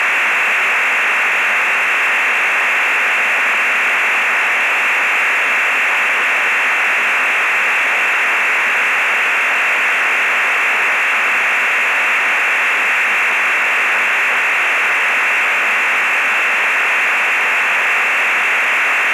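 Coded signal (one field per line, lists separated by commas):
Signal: digital SSTV (DRM)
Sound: continuous even rushing hiss, band-limited, steady for the whole clip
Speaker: in that case we'll go round to Chris vk3 FML do you setup for transmitting yet Chris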